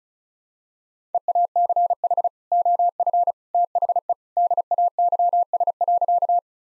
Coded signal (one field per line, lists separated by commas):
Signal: Morse code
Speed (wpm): 36 wpm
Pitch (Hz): 700 Hz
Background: none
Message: EACH OF THE DAYS.